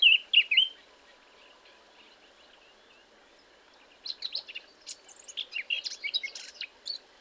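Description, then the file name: Eurasian blackcap song in short bursts: a few loud fluty notes, a quiet gap of several seconds, then a softer run of scratchy twittering notes. "Sylvia atricapilla"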